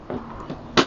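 A plastic access door over the control module on a Razor Quad500 ATV body is pressed back into place so all of its hooks catch and the control module won't fall out. A faint plastic tap at 0.1 s leads to one sharp, loud snap at 0.8 s. The door is seated.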